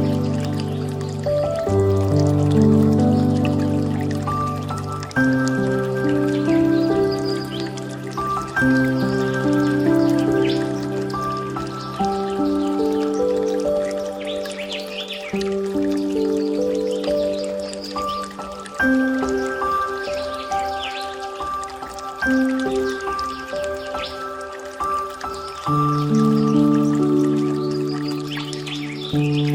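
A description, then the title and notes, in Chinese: Piano chords play over a bed of flowing water. The notes shift every few seconds in a slow, steady progression with a low bass line beneath. A bright trickling and dripping texture runs continuously on top, keeping the overall level fairly even. 钢琴流水。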